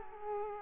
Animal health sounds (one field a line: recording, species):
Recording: mosquito wingbeat signal from an infrared sensor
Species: Culex quinquefasciatus